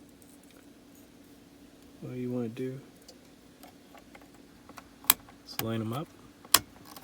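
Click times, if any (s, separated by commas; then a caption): 6.5 s. Someone talks while a cleaned plastic A/C control knob from an L320 Range Rover Sport is lined up with the three notches on the bezel and pressed down onto the climate control unit shaft, with faint handling ticks and a sharp tick near 5.1 s. A loud, crisp snap at 6.6 s marks the knob popping into place, fully seated.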